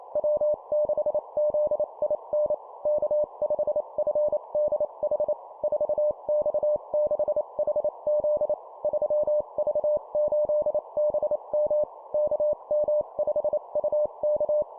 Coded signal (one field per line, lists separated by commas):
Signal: Morse code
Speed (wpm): 28 wpm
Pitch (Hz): 600 Hz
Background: none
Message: W6ZIN K5FDH 4X6HZ 3V8BM KM5UK